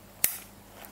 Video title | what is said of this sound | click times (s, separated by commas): paediatric bronchoscopy | it just clicks into place like that okay and | 0.2 s